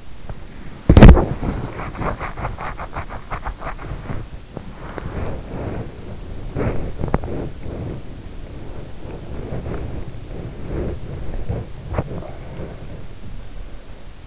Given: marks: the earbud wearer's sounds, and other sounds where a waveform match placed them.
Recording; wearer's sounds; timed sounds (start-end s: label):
sounds in sleep by an in-ear microphone; body movement
0.00-14.27 s: body movement